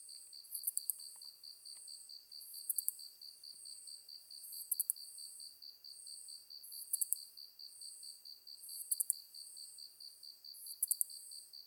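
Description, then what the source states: Ezo katydid singing high, sizzling buzzes, each closing with a few quick ticks, repeated at regular intervals above a continuous fast pulsed insect trill. Recorded 23 August 2010 at 21:31.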